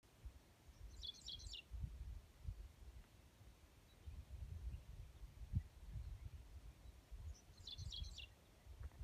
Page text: Baby woodpecker being fed by his mum. The mp3 is of mum calling followed by baby going peek-peek-peek